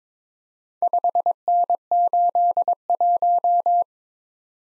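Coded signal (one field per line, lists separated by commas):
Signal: Morse code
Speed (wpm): 22 wpm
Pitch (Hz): 700 Hz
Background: none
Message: 5N81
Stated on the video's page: Morse practice set at 22 wpm: random four-character letter-number groups, each sent, then spoken, then sent again.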